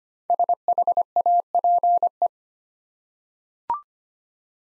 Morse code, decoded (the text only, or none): SHAPE